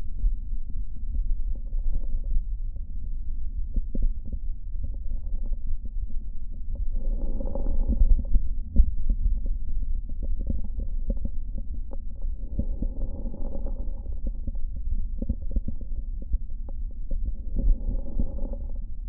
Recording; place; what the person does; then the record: lung sounds by stethoscope; right posterior basal chest; quiet breathing, then deep breathing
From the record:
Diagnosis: interstitial lung disease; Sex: male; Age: 74 years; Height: 160 cm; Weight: 54 kg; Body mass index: 21.1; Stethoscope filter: diaphragm mode